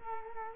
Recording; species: mosquito wingbeat signal from an infrared sensor; Culex quinquefasciatus